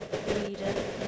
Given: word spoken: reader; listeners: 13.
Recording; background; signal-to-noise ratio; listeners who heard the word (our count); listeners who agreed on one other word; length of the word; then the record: one English word in noise, from a listening test; noise modulated by three-talker babble; -4.6 dB; 2 of 13; 6 of 13; 0.68 s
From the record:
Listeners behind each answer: 6, 2, 1, 1, 1, 1, 1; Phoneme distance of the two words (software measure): 10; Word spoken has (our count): 2 syllables, 4 phonemes, stress on syllable 1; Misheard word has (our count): 2 syllables, 4 phonemes, stress on syllable 1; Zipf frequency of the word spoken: 3.71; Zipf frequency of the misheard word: 5.02